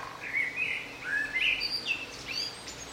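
Bird song: continuous quick sequence of sweet chirps and short whistled notes, jumping between higher and lower pitches for the whole three seconds.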